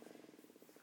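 A faint, rapid bubbling rumble from an adult woman's stomach: about a dozen soft, evenly spaced low gurgles in under a second. This is stomach rumbling, ordinary gut sounds from gas and fluid moving through the bowel.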